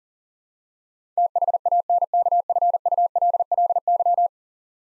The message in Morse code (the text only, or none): THANKFULLY